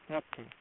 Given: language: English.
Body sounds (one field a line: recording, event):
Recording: throat vibration sensor signal played as sound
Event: speech